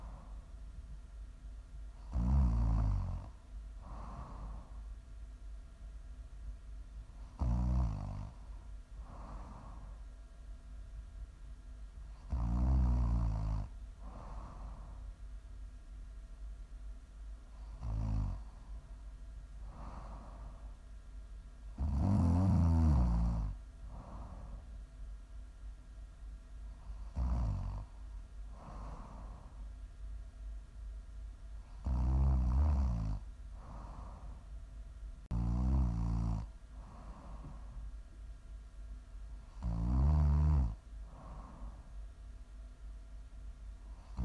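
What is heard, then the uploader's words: Loud snores come in a regular rhythm, roughly every five seconds, each a deep rumbling rasp lasting about a second. Softer breaths in and out fall between them, over a constant low hum. ASMR snoring.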